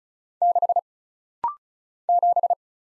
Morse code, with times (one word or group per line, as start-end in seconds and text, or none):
0.4-0.8 6
2.1-2.5 7